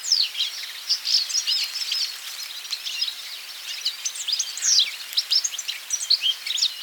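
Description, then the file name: European goldfinch twitter, high tinkling and buzzy notes tumbling over one another in a steady, busy chatter with brief sharper accents. "Carduelis carduelis"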